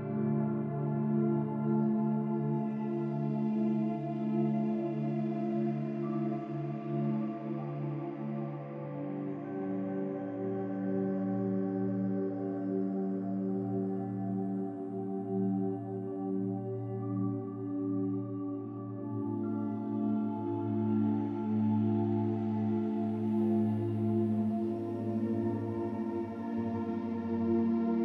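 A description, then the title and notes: Soft, sustained music of layered ringing tones, like a slow bowl drone, holds steady for the whole stretch. A deep, even rumble sits beneath it, and brighter overtones swell in gently around the twenty-second mark before settling. The powerful rumble of the storm blends with soft, soothing music.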